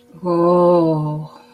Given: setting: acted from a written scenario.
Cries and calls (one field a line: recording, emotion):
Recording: vocal sound without words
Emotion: desire